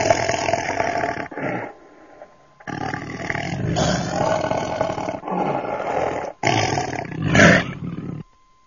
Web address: audio animali felini tigri tigre tiger